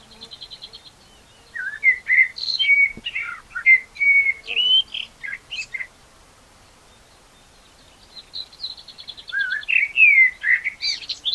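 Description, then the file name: Common blackbird song: a short high trill, then long varied fluty warbling with scratchy high notes, a pause, and another warbled phrase. "Turdus merula"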